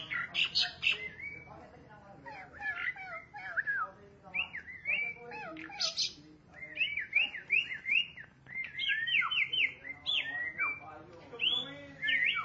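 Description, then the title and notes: Starling giving a varied song of squeaky chatter and bright whistled phrases, including repeated wavering slurs and a few sharp high notes. "suara burung jalak"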